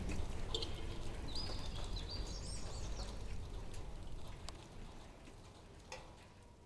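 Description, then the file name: Bird song: a few short high whistled phrases with quick rising and falling notes in the first three seconds, over steady low rumbling background noise. Bird at night in Sergiyev Posad on 21 April 2012. "nightbird-sergiyevposad-210412"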